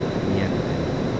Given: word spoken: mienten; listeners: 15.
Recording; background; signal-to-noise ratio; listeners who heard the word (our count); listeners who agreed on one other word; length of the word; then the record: one Spanish word in noise, from a listening test; speech-shaped noise; -4.8 dB; 2 of 15; 6 of 15; 0.80 s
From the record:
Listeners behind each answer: 6, 2, 1, 1, 1, 1, 1, 1, 1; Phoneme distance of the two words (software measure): 7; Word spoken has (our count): 2 syllables, 7 phonemes, stress on syllable 1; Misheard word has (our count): 2 syllables, 6 phonemes, stress on syllable 1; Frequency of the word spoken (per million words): 1.71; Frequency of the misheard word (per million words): 4.20